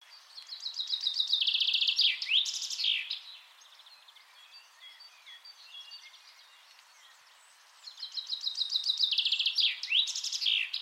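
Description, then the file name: Common chaffinch song, a bright trill running down the scale into a flourish at the end, sung twice. "Fringilla coelebs"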